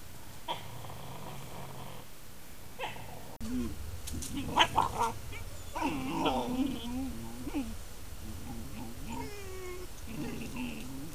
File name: verso cuccioli lupo appenninico canis lupus italicus wolf wolves lobo loup